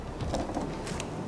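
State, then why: Not seated. An extra battery's connector is handled at the port of an EcoFlow Delta Pro portable power station used as home backup power, with soft rustling, scraping and a brief sharp tick at about 1.0 s. Nothing has seated or clicked into place yet.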